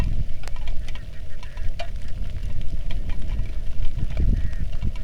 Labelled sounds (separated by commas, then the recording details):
waterfowl, wind, rain
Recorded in the Arctic National Wildlife Refuge, Alaska, on 3 August 2019 at 09:47
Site 46